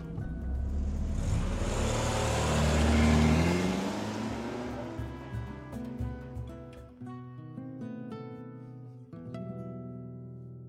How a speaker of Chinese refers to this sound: 奈美江笑着点了点头，同源发动了汽车。